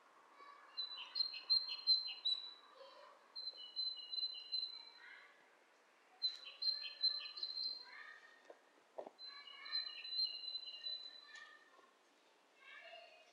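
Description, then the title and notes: Birds calling back and forth: long high whistled tones mixed with lower chirping and warbled notes in several bursts, over soft background hiss. Two birds interacting; lo-fi recording. "bird dialogs. lo-fi recording of two birds interacting"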